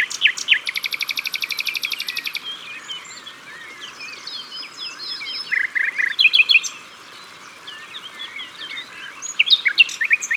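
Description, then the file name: Common nightingale song with a rapid high buzzy trill early on, then varied twitters and a loud rich phrase. At the water's edge. "Rossignol philomele Au bord de leau"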